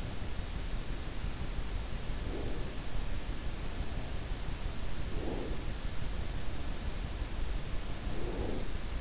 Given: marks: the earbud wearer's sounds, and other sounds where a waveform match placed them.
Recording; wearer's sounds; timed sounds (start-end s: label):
sounds in sleep by an in-ear microphone; breath
2.25-2.87 s: breath
5.16-5.71 s: breath
8.20-8.75 s: breath